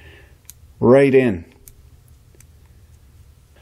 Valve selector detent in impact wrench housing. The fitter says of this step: Nice heavy detent on that too. It snaps right in.